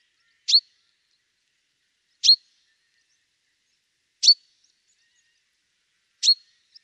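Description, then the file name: Common chaffinch giving short, sharp high calls, four clear notes spaced about every two seconds against a silent background. "Fringilla coelebs"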